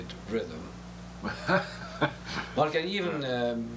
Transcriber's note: laughter